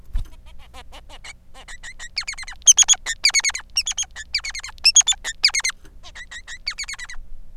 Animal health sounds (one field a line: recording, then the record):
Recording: song of a male Bengalese finch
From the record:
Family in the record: son of father 3